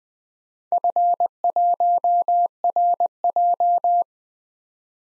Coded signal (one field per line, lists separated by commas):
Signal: Morse code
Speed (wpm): 20 wpm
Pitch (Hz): 700 Hz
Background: none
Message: F1RJ